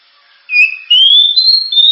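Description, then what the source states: Oriental magpie-robin giving a short whistled phrase: a brief low note, then a long clear whistle that slowly rises and holds. Champion bird.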